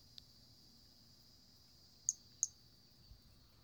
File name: Brachycephalus albolineatus individual 03 example 02 collected